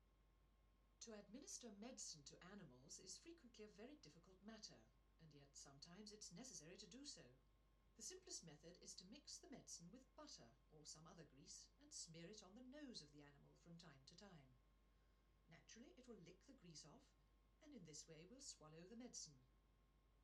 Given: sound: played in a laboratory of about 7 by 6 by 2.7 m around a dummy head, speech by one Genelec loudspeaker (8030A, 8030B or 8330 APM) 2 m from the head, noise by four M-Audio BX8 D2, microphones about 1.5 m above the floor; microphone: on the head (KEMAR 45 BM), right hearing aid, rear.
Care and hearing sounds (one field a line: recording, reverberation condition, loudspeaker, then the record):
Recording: female speech in English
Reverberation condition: low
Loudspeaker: 30 degrees to the right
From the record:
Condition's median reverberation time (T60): about 310 ms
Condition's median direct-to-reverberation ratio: about 3.5 dB